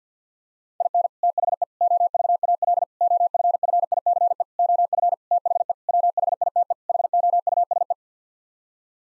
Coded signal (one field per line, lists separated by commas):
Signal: Morse code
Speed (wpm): 48 wpm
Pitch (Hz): 700 Hz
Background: none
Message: IN THE OVAL OFFICE OF THE WHITE HOUSE